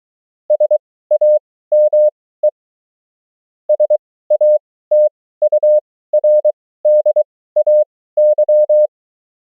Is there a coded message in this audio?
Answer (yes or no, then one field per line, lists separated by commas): yes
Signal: Morse code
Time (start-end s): 0.5-8.9 s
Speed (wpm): 23 wpm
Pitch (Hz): 600 Hz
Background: none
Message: SAME SATURDAY